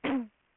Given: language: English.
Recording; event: throat vibration sensor signal played as sound; cough